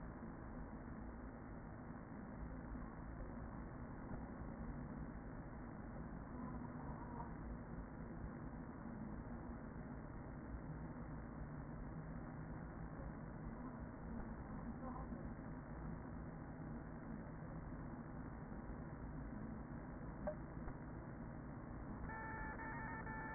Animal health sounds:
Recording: honeybee colony, microphone inside the hive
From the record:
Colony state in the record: queen present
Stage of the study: after two queens were removed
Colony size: about 40,000 bees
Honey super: no

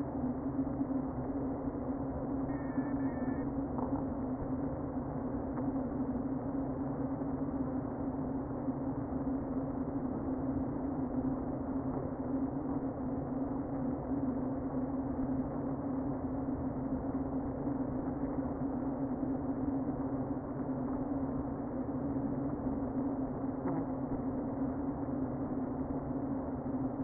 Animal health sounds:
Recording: honeybee colony, microphone inside the hive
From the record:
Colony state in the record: queen present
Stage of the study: before two queens were removed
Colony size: about 60,000 bees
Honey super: yes

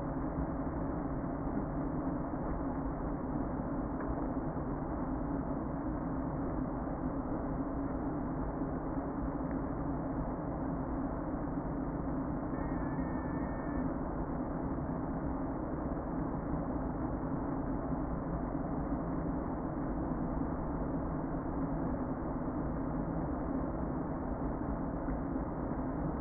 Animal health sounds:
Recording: honeybee colony, microphone inside the hive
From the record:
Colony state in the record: queen present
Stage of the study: before two queens were removed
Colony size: about 60,000 bees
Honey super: yes

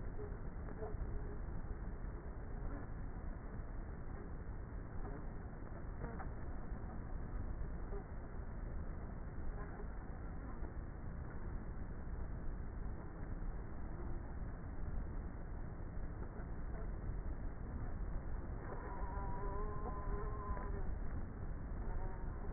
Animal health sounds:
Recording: honeybee colony, microphone inside the hive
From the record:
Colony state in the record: queenless with a low population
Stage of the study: before two queens were removed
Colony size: about 30,000 bees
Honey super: no

